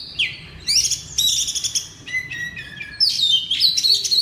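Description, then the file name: Oriental magpie-robin song: loud, varied whistled phrases mixing clear sliding notes with harsher buzzy bursts, ending in a bright run of high whistles. Indonesian name kacer; loud song in the style called ngeplong. "suara kacer ngeplong keras"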